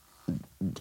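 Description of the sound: The speaker sheds light on one of the most misunderstood neurological conditions, Tourettes. Do this noise. And it's going to happen more now because I'm talking about it.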